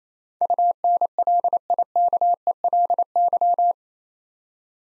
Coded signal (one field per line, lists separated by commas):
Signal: Morse code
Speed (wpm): 27 wpm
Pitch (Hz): 700 Hz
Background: none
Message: UNLIKELY